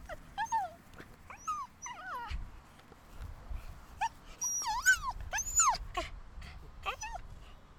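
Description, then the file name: Dog yelps: scattered high whining cries over low background noise. Several dogs yelping. "freesound Dogs Yelping"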